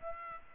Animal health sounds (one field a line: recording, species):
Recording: mosquito wingbeat signal from an infrared sensor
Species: Aedes albopictus